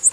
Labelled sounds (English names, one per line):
Prothonotary Warbler flight call